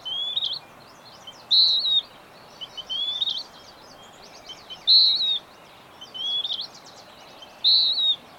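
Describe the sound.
Bird song: short high whistled phrases, alternating a louder bright note with softer slurred ones, over steady background hiss and faint chirps.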